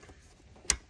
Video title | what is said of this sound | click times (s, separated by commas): 2007 Land Rover LR3 Coolant Leak - upper hose under intake - 4.4L Gas | and until you hear the click you know it's in nice and tight so we're getting there and um | 0.7 s